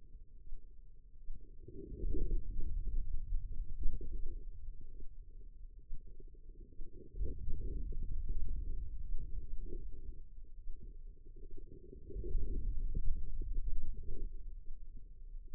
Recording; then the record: forearm muscle sounds (acoustic myography)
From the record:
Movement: hand opening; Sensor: system 2, bracelet of six BSWA MPA416 microphones around the upper forearm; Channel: 3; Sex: female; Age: 25 years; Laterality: right